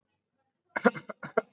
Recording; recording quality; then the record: shallow voluntary cough; excellent, no background noise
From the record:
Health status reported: COVID-19 positive, mild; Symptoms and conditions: sore throat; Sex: female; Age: 25 years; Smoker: not ticked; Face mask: not worn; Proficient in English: yes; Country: India